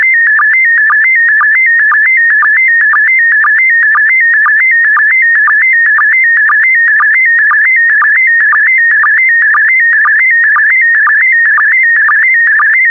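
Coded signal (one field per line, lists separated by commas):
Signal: SSTV (slow-scan television)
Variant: PD120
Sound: steady warbling tone jumping between pitches, with a short low blip about twice a second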